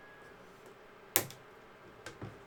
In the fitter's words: Snaps in very nicely.